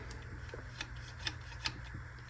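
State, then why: Not seated. A knob rod is pushed back into a new dash headlight switch from a 1972 Dodge Charger, producing steady rubbing and a few small ticks at about 0.1, 0.8, 1.3 and 1.7 seconds. The rod does not latch, and nothing has clicked into place.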